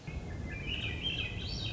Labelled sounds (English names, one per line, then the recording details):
Swainson's Thrush
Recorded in Sonoma County, California